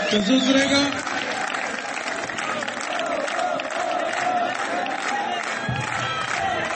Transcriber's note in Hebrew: מחיאות כפיים